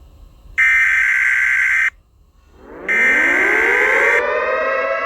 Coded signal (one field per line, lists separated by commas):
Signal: Emergency Alert System (SAME) tones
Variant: header bursts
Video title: EAS SCENARIO 1: Inner Flame Candle Invasion